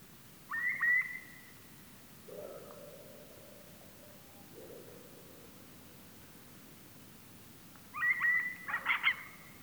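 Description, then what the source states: Bird giving whistled, slightly rising notes, with two lower drawn-out tones in between and a louder burst of high calls near the end. Call rendered as quee-quee.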